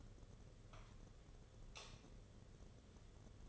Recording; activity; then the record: daily activity, microphone in the room; light on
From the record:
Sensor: 4